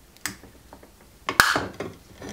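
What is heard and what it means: A plastic trim piece (window, bumper or grille trim) is handled over the metal/plastic body of a 1/8 scale Mercedes-Benz 300 SL full model kit, about to be pressed downward to clip in. Sharp plastic taps and rattles sound around 0.3 s, 1.3 s and 1.4 s while someone talks. Nothing has seated or clicked yet.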